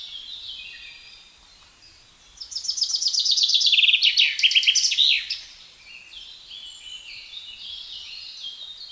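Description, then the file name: Common chaffinch song: one bright trill of sharp notes falling in pitch and ending in a flourish, lasting about three seconds, with faint other birds in the background. "Fringilla coelebs"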